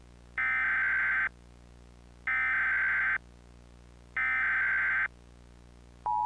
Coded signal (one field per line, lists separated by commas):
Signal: Emergency Alert System (SAME) tones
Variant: header bursts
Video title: The Plaza Tower Collapse | EAS Mock #28